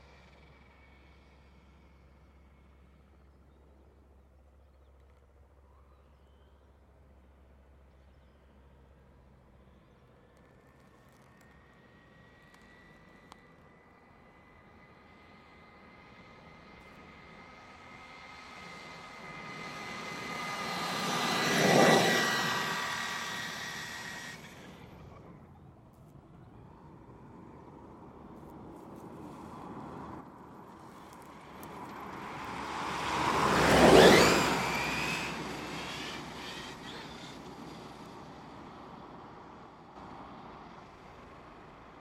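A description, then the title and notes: An RC truck's brushless motor whines on an asphalt village road, its high, rising tone building from about ten seconds in. The truck rips past twice, loudest near 22 and 34 seconds, with rushing tire noise, then fades away into a quiet outdoor background. RC Monster Truck Sound. This recording captures my RC truck's brushless motor and tire sound on an asphalt village road. Recorded using Zoom F6 with Rode NT-5 matched pairs with NOS configuration. Master audio is 32-bit 192kHz, rendered to 16-bit 48kHz using WaveLab.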